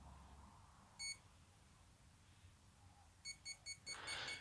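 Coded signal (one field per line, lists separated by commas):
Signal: beep code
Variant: brushless ESC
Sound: short high beeps, one then a steady run of six, repeating quickly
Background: hiss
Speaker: we get that constant beeping of the esc that's telling us that we need to redo the throttle calibration for the esc when it's connected to the flight control board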